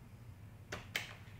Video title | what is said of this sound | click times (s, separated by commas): How to Replace Ink Cartridges in the Epson® WorkForce Pro WF-4720, 4730, 4734, 4740 Printers | and you'll hear a click. | 1.0 s